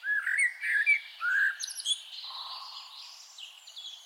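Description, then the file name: Eurasian blackbird song: fluted warbling phrases slurring around mid pitch, then a brief burst of high squeaky twitter. "Turdus merula"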